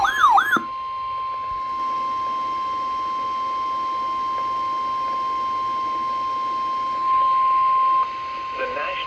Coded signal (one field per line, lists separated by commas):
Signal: Emergency Alert System (SAME) tones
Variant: 1050 Hz attention tone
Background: speech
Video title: EAS #788 - #791 Severe Thunderstorm Warnings